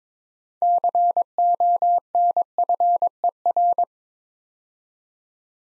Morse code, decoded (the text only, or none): CONFER